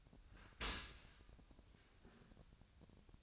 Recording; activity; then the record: daily activity, microphone in the room; open dishwasher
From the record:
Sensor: 2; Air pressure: 1003.0 hPa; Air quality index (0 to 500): 199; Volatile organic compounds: 6 ppm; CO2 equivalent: 1888 ppm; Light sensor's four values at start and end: 24/58/25/28 and 24/59/26/28